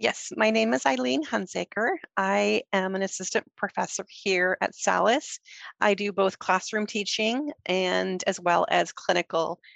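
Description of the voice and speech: A woman speaks fluently and clearly, with a steady voice at a moderate pitch, natural phrasing and only brief pauses. No articulation or voice problems are heard.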